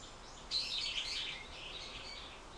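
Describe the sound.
Bird giving one bright, high chattering phrase that trails off into fainter twitters, over a soft hiss.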